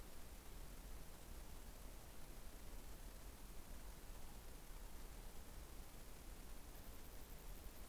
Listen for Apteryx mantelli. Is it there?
no